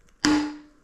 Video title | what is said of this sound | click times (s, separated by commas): Teaching use how to service fox 38 forks grip 2 part 1 | Once you hear that snap at you in place. | 0.2 s